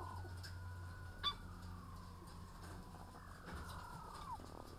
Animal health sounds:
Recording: poultry house recording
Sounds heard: sick chickens (respiratory disease)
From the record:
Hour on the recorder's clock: 15

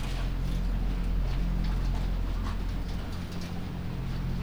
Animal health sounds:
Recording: poultry house recording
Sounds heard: sick chickens (respiratory disease)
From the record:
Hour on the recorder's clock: 1

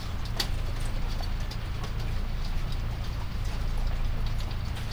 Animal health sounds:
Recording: poultry house recording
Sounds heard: healthy chickens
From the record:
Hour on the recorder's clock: 23

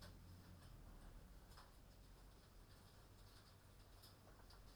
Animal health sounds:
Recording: poultry house recording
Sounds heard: no chicken sound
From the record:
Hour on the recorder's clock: 23

